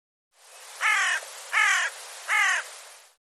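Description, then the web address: Bird cawing, three loud, harsh caws, each falling slightly in pitch and spaced about seven-tenths of a second apart. "cianscape birddata Deverinetal 2025"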